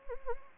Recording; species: mosquito wingbeat signal from an infrared sensor; Anopheles gambiae